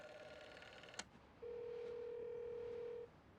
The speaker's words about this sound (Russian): Он сбрасывает шляпу, кидает ключи и быстро идет через гостиную к телефону, висящему на стене. Он прикладывает трубку к уху и набирает номер.